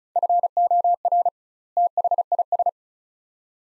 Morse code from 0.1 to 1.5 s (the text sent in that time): FOR